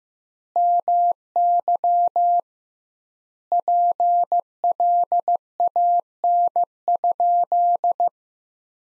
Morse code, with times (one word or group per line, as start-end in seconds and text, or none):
0.6-2.4 MY
3.5-8.1 PLAN?